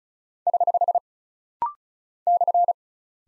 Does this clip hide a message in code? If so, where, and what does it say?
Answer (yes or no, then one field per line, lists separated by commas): yes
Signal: Morse code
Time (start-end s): 0.5-2.7 s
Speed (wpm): 36 wpm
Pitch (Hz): 700 Hz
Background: none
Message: <HH> /